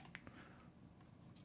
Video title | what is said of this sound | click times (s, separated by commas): Neewer Dummy Battery AC-PW20 for Sony ZV-E10 & More - Unboxing + Closer Look! | And it should pop into place. | 0.2 s